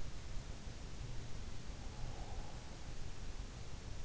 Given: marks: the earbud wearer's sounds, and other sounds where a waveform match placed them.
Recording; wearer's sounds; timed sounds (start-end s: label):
sounds in sleep by an in-ear microphone; breath
2.02-3.21 s: breath